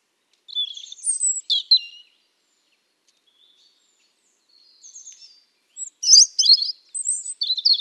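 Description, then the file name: European robin singing high, thin warbled phrases with quick rising and falling whistles, a faint phrase midway, then a louder jumble of sharp notes at the end. "Erithacus rubecula"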